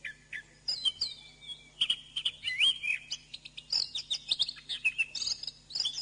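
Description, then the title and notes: Bird song, a fast varied stream of whistled slurs, chirps and rapid trills jumping between high notes, with brief pauses and a steady low hum underneath. Birdsong used for training birds. "MASTERAN BURUNG. suarane manok"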